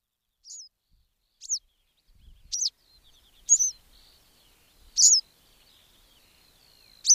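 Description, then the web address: Western yellow wagtail calls: high, sharp slurred notes spaced one to two seconds apart, growing louder, with faint twittering from other birds. "agykontroll Madardalok Cd 3. Sárga billegető"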